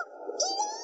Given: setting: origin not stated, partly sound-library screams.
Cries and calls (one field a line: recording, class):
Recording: one-second piece from a danger detection set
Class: woman in danger